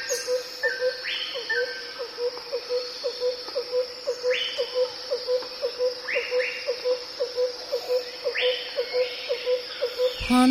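Jungle birds: a low note pulsing regularly about twice a second throughout, several bright rising whistles on top, and a steady shrill insect hum.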